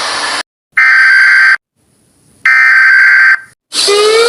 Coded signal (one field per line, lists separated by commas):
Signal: Emergency Alert System (SAME) tones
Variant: header bursts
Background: speech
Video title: mr bean becoming uncanny even more extended (you hear this eas alarm)(USA edition)